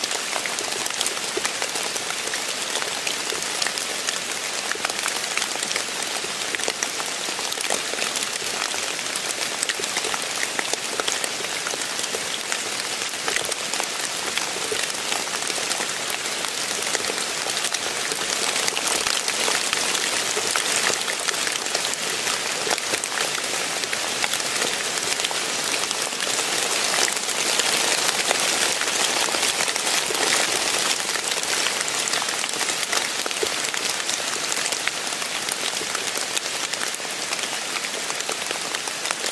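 Steady, dense rain hisses close by with fine crackling drops on a surface, swelling slightly louder from about twenty seconds on.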